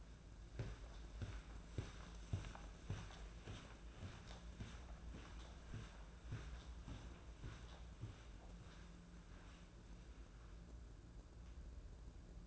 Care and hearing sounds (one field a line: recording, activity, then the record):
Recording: daily activity, microphone in the room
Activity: walk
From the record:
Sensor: 2